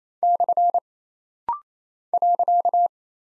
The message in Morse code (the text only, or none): / .